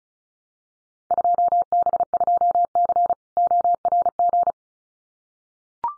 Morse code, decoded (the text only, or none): 2B2C ORG